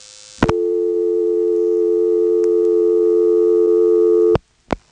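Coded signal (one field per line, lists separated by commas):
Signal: telephone call progress tone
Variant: North America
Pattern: dial tone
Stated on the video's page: Step-by-step telephone exchange with directors, Elizabeth City NC area, 1977.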